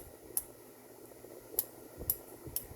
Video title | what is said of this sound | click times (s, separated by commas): slide belts | You can hear it clicking. | 0.4 s, 1.6 s, 2.1 s, 2.6 s